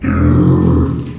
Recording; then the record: squeal of a Yucatan mini pig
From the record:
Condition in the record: after surgery on the right vocal fold (resection and tissue-engineered implant); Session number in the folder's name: 11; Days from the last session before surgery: 98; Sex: female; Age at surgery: 19 weeks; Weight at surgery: 25 kg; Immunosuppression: prednisolone